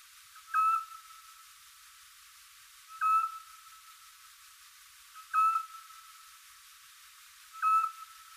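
Eurasian scops owl giving a clear whistled note, held briefly and repeated four times at regular intervals, over a faint steady tone and hiss.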